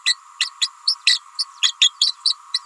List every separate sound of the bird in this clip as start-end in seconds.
0.06-0.17, 0.39-0.50, 0.61-0.69, 0.86-0.95, 1.06-1.20, 1.39-1.46, 1.62-1.74, 1.80-1.90, 2.00-2.12, 2.25-2.35, 2.53-2.60